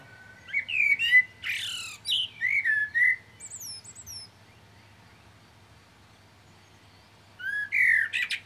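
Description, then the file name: Common blackbird song: mellow fluted warbles mixed with thin, high squeaky notes, then a few seconds of quiet before a new phrase begins. "Turdus merula"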